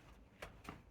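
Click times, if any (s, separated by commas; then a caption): 0.4 s, 0.7 s. A plastic license plate light housing on a 2011-2017 BMW X3 F25, being replaced because the light burnt out, is pressed up into the rear bumper trim opening until its spring clip locks. Two faint clicks are heard at 0.4 s and 0.7 s over low background noise. The housing is seated and locked in place.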